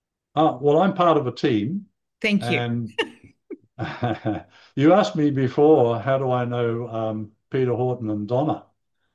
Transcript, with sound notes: well, I'm part of a team-
Thank you. (laughs)
... and (laughs) you asked me before how do I know, um, Peter Horton and Donna.